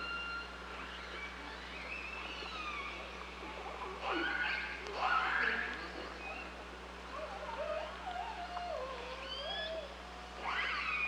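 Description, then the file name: Killer whale calls, wavering harmonic squeals and a long descending, warbling tone, spaced a few seconds apart over steady low hum. Killer whales recorded 16 July 2015 at 14h on channel 5. "Orques Orcalab 2015 07 16 14 h voie 5"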